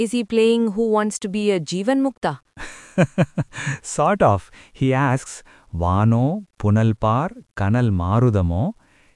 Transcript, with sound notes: Is he playing “Who Wants to be a Jivanmukta”?
(Laughs) Sort of! He asks: “Vaano punal paar kanal maarudhamo…”